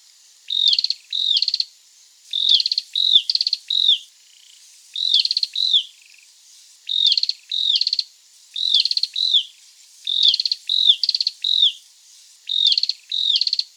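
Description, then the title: Cambodian tailorbird calling: bright, down-slurred notes in quick pairs or triplets, repeated at short intervals, otherwise quiet. Call rendered as "prenjk-gnung". "prenjk gnung. Cambodian Tailorbird (Orthotomus chaktomuk)"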